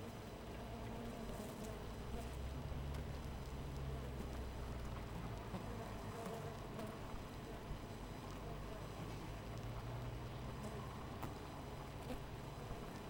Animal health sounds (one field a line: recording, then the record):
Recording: honeybee colony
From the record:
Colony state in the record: missing queen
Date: 14 July 2017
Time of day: 4:52